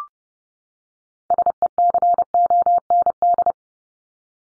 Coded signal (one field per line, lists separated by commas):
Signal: Morse code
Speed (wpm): 30 wpm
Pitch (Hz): 700 Hz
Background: none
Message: SECOND